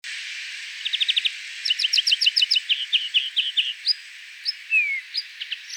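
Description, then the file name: European greenfinch calls: rapid trilled chirps building into a long series of repeated notes, slowing into spaced single chips and a short slurred whistle, over faint hiss. "Chloris chloris"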